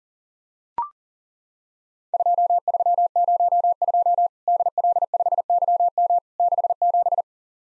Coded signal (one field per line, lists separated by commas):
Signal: Morse code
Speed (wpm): 39 wpm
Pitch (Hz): 700 Hz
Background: none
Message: 2302 DL5YM 67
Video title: Worked All Europe DX Contest QTC Exchange 40wpm